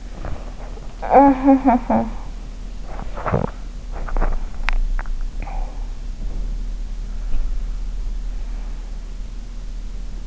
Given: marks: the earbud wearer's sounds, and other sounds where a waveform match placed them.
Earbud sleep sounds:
sounds in sleep by an in-ear microphone; swallowing, teeth grinding, body movement
0.00-3.04 s: swallowing
3.04-5.41 s: teeth grinding
5.41-10.27 s: body movement

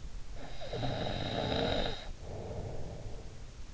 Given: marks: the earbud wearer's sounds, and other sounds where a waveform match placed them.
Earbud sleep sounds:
sounds in sleep by an in-ear microphone; snoring breath
0.17-3.63 s: snoring breath

